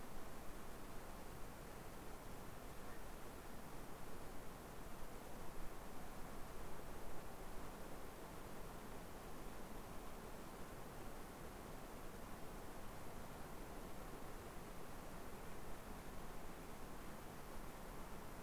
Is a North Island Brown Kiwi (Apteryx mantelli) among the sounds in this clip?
no